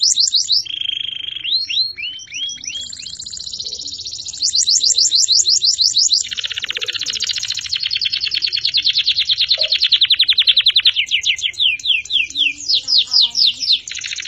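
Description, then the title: Canary delivering continuous high trills and rolling buzzy passages, with brief whistled sweeps early on and a steady run of rapid notes later. Champion canary. "Kicau Burung Kenari Juara"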